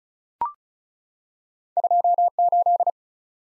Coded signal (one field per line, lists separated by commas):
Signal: Morse code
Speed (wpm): 36 wpm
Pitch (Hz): 700 Hz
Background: none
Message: 28